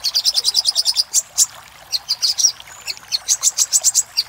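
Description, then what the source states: Little spiderhunter song of quick high chips, then a pause and a second run of sharp notes. Master recording used for training cage birds.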